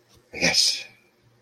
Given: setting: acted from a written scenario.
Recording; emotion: vocal sound without words; triumph